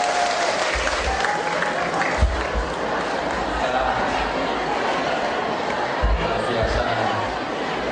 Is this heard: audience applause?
yes